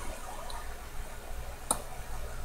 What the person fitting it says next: there it is it's snapped right in